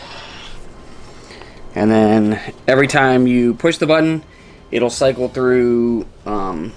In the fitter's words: hole on the top of the bottom so you just put it in there and it'll snap in place